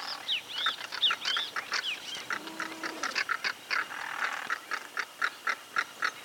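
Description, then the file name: Crested caracara giving harsh, rattling notes repeated rapidly and unevenly, with clear whistled calls of other birds over the first part. "carancho voz"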